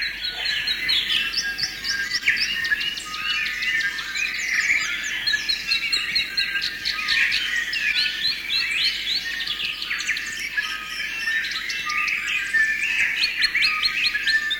Dawn chorus with bellbird/korimako in the foreground.